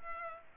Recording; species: mosquito wingbeat signal from an infrared sensor; Culex pipiens